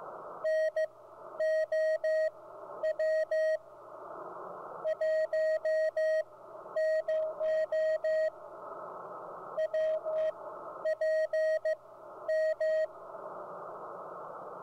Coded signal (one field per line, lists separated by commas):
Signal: Morse code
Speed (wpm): 15 wpm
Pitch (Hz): 630 Hz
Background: radio noise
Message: NOW 10 WPM